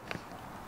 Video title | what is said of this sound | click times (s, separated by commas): SHAD SH59X Top Case & Adaptor Plate Installation on New Piaggio BV400 | Just pretty much just give that a little lift and it just snaps right on and then clicks | 0.1 s